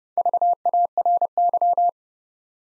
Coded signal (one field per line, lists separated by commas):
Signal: Morse code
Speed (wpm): 30 wpm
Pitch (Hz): 700 Hz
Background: none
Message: VARY